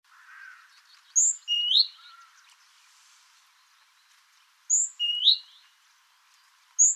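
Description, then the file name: Great tit calls: two bursts of three short bright notes a few seconds apart, then a single note at the end, over faint background noise. "Parus major"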